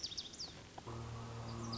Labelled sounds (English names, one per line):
Lazuli Bunting